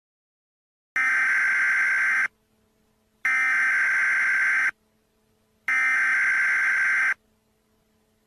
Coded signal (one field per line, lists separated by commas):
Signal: Emergency Alert System (SAME) tones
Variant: header bursts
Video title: Hazardous Materials - An EAS Scenario